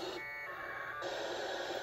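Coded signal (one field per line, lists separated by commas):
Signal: packet radio (AX.25, as in APRS)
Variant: 1200 baud AFSK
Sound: brief harsh warbling data burst, under a second, then steady radio hiss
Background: radio static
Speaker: all we gotta do is come up here and turn on our beacon we'll hear it on the other radio when it sends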